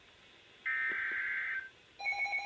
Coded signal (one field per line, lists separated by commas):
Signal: Emergency Alert System (SAME) tones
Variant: header bursts